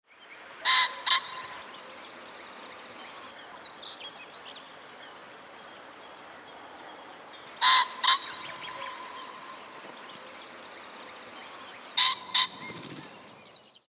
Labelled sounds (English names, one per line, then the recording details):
Common Pheasant
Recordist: Frommolt, Karl-Heinz
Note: Rufe